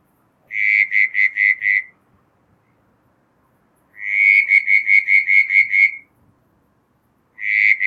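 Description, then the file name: Southern brown tree frog repeating pulsed bursts: a series of five notes, a pause, then a longer run of about nine rapid pulses, then another begins. "Litoria ewingii"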